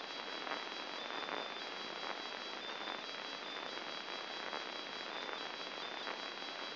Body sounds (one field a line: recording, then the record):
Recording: brain microelectrode recording played as sound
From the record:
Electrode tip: inside the subthalamic nucleus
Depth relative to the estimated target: 2 mm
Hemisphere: left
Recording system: AlphaMap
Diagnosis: Parkinson's disease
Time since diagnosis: 11 years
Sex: male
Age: 50 years